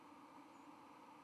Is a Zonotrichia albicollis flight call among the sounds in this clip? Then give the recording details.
yes. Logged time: 09:04 on 31 October 2014